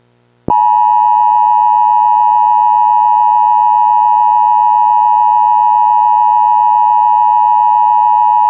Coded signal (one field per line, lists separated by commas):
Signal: Emergency Alert System (SAME) tones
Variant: 853 and 960 Hz attention tone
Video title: EAS Broadcast 2 0